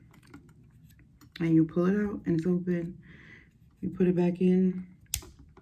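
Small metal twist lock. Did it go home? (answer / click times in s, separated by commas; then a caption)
yes / 5.1 s. Someone talks while a drill bit is put back into the chuck of a Makartt nail drill (e-file) handpiece and the collar is turned to lock it. A single sharp click sounds at 5.1 s, and the bit is locked in place.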